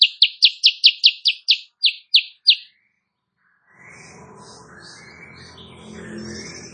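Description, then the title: Sooty-headed bulbul giving about ten sharp, high chips in quick succession, then broad background noise. Morning tutor recording for training songbirds; bird singing constantly (gacor), said to make rival birds answer. "Masteran Kutilang Sutra. Kutilang Sutra GACOR pagi hari bikin lawannya AUTO NYAUT"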